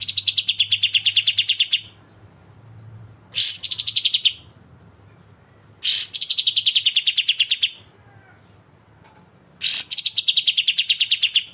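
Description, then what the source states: Streaked spiderhunter song: repeated bouts of rapid, sharp, high chipping notes, most bouts starting with a loud burst and lasting one to two seconds, separated by short pauses. Actively singing, clear and long song; recording used as a master song for training cage birds.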